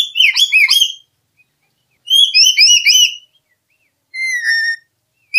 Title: Nuri kepala hitam